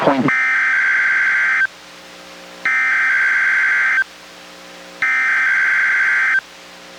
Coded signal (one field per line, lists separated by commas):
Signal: Emergency Alert System (SAME) tones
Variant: header bursts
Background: speech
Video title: EAS #738: NWR Required Weekly Test- Feb. 1, 2023- 11:11AM PST